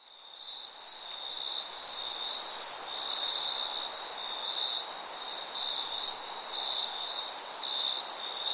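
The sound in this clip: Cricket chorus with rapid, high-pitched chirps pulsing in overlapping waves, a steady shrill insect hum above, swelling slightly louder after the first second.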